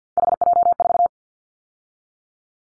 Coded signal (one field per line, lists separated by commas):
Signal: Morse code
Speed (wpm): 50 wpm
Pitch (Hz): 700 Hz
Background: none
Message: HJ4